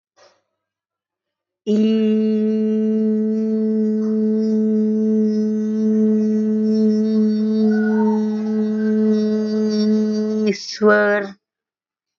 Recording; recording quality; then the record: sustained vowel as in beet; excellent, no background noise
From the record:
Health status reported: exposed to COVID-19, no respiratory illness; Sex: male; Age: 22 years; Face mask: not worn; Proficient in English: yes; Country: India